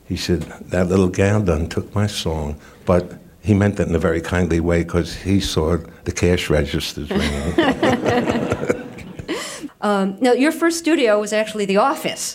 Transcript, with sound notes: He said, that little gal done took my song. But he meant that in a very kindly way 'cause he saw the cash registers ringing.
(LAUGHTER)
Now, your first studio was actually the office...